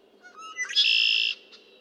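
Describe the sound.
Red-winged blackbird song: a few short clear introductory notes, then one loud, harsh, buzzy trill held for about half a second before stopping abruptly.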